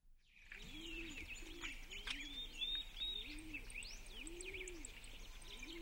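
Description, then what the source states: Birds chirping in a dense chorus, many high twittering and whistled notes overlapping, with low cooing calls repeated roughly every second beneath them. Birds chirping in a forest.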